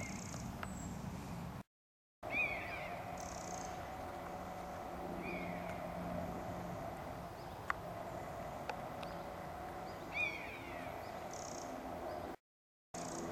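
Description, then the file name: European honey buzzard: downslurred whistled calls of a European honey buzzard, repeated at irregular intervals, some with a brief stuttering start, over steady droning background noise. Juvenile female giving anxiety calls; Hexham, 31 August 2010. "honey-buzzard hexham w 31 aug 2010 cbuzz ad hb juv female anx calls"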